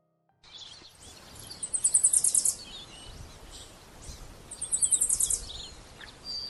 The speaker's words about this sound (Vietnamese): Tiếng hót của con chim sẻ đậu trên cành cây khế cặp bên hông nhà như mọi hôm là cái đồng hồ báo thức của An.